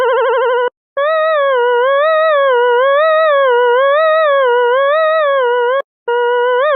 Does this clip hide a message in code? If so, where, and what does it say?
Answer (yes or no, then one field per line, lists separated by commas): no